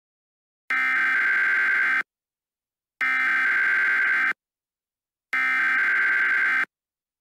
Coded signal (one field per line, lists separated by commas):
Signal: Emergency Alert System (SAME) tones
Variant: header bursts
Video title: EAS Short - 2023 Los Angeles Riots